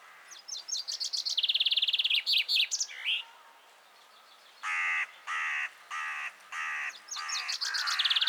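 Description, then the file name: Common chaffinch song: a descending trill ending in a flourish, then a few loud, harsh chirps before another song begins. "Fringilla coelebs"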